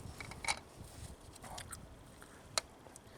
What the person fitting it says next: And it's snapped into place.